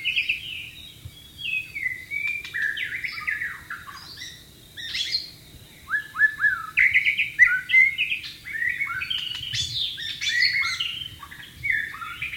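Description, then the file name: White-rumped shama singing almost continuously, with dense whistles, trills and sharp notes. "suara burung murai batu di alam liar"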